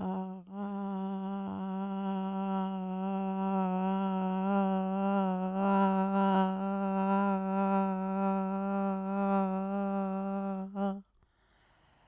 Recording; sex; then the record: sustained vowel /a/; female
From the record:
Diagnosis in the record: Parkinson's disease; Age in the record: 80 years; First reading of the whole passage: 169 s, 3.1 characters per second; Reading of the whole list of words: 101 s, 2.8 characters per second